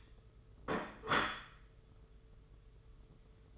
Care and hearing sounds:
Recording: daily activity, microphone in the room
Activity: place plate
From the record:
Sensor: 4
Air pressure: 995.3 hPa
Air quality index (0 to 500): 197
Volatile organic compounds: 138 ppm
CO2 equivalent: 3966 ppm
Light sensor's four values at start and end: 9/23/9/10 and 9/23/9/10

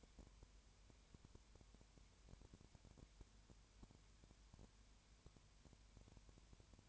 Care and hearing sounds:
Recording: daily activity, microphone in the room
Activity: no activity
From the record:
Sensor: 2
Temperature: 20.3 degrees Celsius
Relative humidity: 33.7%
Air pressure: 1003.1 hPa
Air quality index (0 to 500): 82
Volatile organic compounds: 1 ppm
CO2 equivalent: 785 ppm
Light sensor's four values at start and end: 2/3/2/2 and 2/3/2/2

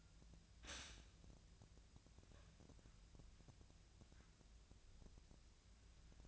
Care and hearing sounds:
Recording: daily activity, microphone in the room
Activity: stop toaster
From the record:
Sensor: 2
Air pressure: 1009.3 hPa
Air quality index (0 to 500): 187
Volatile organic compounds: 12 ppm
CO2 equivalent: 2325 ppm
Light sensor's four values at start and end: 23/58/24/27 and 23/57/24/27

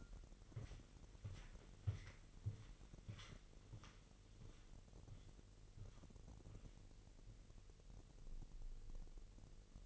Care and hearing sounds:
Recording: daily activity, microphone in the room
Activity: walk to room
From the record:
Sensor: 4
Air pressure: 1002.8 hPa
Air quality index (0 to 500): 248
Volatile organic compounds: 10 ppm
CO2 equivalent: 2260 ppm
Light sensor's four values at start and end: 10/24/9/9 and 11/26/10/10

